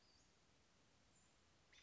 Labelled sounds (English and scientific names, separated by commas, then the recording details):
Western Flycatcher (Empidonax difficilis)
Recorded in Sonoma County, California